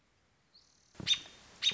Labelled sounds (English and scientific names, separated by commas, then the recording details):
American Robin (Turdus migratorius)
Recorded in Sonoma County, California